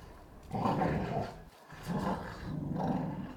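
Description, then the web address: Pit bull: deep rumbling growls in three swells with brief pauses between, low and throaty. Two pit bulls fighting. "NS Studios - ultra sound collection animals dogs - Pit bull Tessa Pit bull Bahko"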